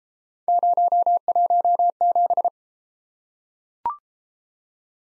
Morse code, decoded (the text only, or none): 017